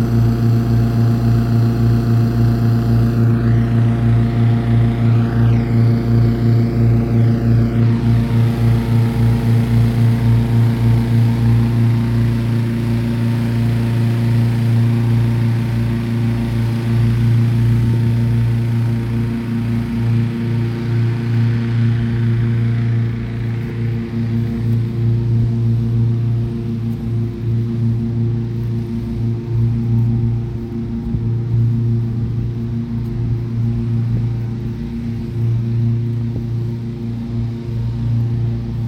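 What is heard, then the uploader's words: A hot air balloon is readied for launch, a loud, steady low engine drone with a bright hiss that fades after twenty seconds. A hot air balloon prepares for launch early in the morning in Oxford. Recorded by Cities and Memory.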